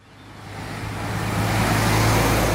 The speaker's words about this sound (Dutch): U hoort allerlei auto's voorbij razen hier aan het drukke Onafhankelijkheidsplein in Paramaribo. En ook aan dit plein de Nationale Assemblée, het parlement van Suriname.